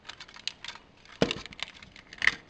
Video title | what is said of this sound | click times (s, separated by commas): Jazzy transformers review RiD 2001 Optimus Prime | there we go with the other leg make sure it's snapped into place so that the panel will go back in now | 2.3 s